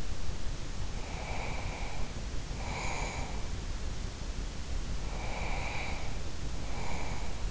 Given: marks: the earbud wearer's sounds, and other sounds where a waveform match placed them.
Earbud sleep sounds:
sounds in sleep by an in-ear microphone; breath
0.95-3.44 s: breath
5.09-7.51 s: breath

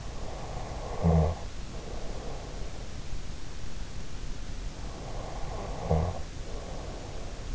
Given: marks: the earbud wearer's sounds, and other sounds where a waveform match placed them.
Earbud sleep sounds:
sounds in sleep by an in-ear microphone; snoring breath
0.48-2.87 s: snoring breath
5.00-7.55 s: snoring breath

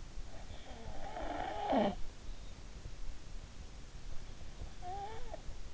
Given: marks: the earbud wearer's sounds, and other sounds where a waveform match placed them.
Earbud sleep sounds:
sounds in sleep by an in-ear microphone; snoring breath
0.16-2.53 s: snoring breath
4.54-5.74 s: snoring breath

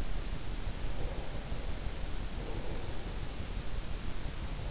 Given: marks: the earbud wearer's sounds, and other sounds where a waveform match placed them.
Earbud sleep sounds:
sounds in sleep by an in-ear microphone; breath
0.81-3.26 s: breath

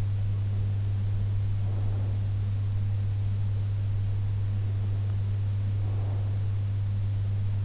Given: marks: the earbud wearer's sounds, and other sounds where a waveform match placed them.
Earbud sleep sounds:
sounds in sleep by an in-ear microphone; breath
1.60-2.22 s: breath
5.56-6.67 s: breath

